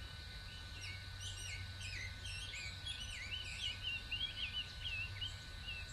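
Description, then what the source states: Birds calling in a busy chorus, many overlapping high chirps and short slurred whistles, with a steady low hum beneath. Many birds calling in Bexar County, Texas, on the morning of 26 March 2006.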